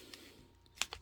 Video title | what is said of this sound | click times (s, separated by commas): cricut tools and accessories | so what's great about this is you just slide this in until it clicks | 0.8 s